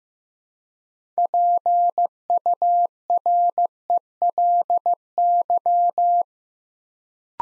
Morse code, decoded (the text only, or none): PURELY